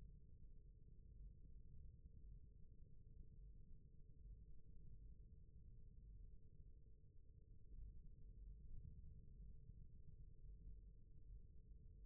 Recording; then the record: forearm muscle sounds (acoustic myography)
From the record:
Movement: rest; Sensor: system 1, eight BSWA MPA416 microphones around the upper forearm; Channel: 1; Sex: male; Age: 28 years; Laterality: right